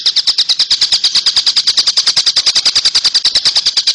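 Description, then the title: Oriental magpie-robin delivering a rapid, mechanical string of identical high notes, evenly repeated throughout. "Kicau Kacer Durasi Panjang 1jam Lebih"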